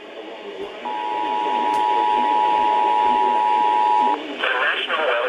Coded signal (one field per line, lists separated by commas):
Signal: Emergency Alert System (SAME) tones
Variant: 853 and 960 Hz attention tone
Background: speech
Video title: RALEIGH'S BULLSHIT SURPRISE!!! EAS Alerts from 8/21/19 (EAS #3,234 - 3,255)